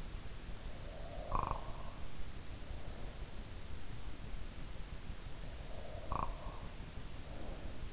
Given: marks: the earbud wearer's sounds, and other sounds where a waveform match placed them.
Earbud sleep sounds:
sounds in sleep by an in-ear microphone; snoring breath
0.90-1.90 s: snoring breath
5.50-7.93 s: snoring breath

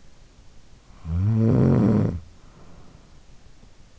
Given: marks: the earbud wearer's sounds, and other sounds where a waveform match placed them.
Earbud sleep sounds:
sounds in sleep by an in-ear microphone; snoring breath
0.44-3.54 s: snoring breath

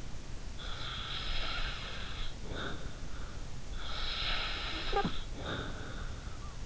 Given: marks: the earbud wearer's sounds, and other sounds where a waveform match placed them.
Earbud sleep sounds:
sounds in sleep by an in-ear microphone; snoring breath
0.52-2.96 s: snoring breath
3.82-6.17 s: snoring breath

